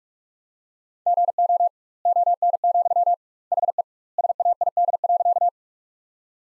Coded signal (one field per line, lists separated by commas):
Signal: Morse code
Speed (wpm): 42 wpm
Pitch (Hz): 700 Hz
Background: none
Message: GO ON, HE SAID.